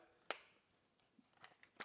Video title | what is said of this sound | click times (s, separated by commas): ULTIMATE DETAILING SPRAYER - Ryobi Compact Chemical Sprayer Upgrades | it is that didn't click as well as I would like it to | 0.3 s